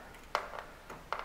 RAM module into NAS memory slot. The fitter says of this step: we go push down a little bit and then it locks in place